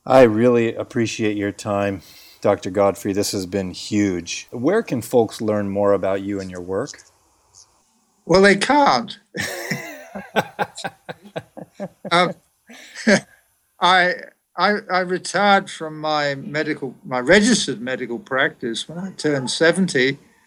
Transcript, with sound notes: I really appreciate your time, Dr. Godfrey. This has been huge. Where can folks learn more about you and your work? [Laughs]
I retired from my registered medical practice when I turned 70.